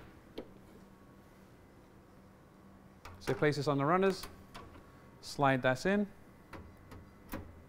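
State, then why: Seated. A multistage plate holder for a microtiter plate is placed on the runners and slid into an Amersham Typhoon gel imager, with faint ticks near 0.4 s and 3.1 s while someone talks. A short click at 6.5 s marks the tray locking into place, aligned by the apex of the two triangles, so it is seated.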